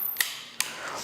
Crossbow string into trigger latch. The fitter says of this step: in one motion I will stand and pull until I hear the distinct click of